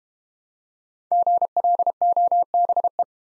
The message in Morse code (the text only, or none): GLOBE